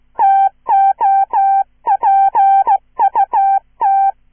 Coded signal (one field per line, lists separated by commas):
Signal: Morse code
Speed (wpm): 16 wpm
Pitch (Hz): 780 Hz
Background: none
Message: TO PUT